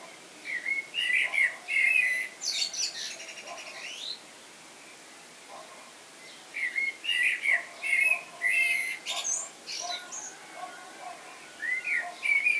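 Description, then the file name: Common blackbird singing mellow, warbling whistled phrases that break into scratchy high-pitched twitters, three bursts with quiet gaps of about one to three seconds between them. "Turdus merula"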